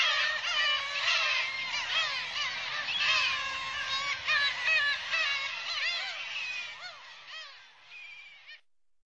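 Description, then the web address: Black-tailed gulls crying in a busy colony, overlapping mewing and drawn-out wails that thin out and fade near the end. Recorded in the Sakhalin and Kuril Islands. "priroda sakhalina i kuril. Larus crassirostris"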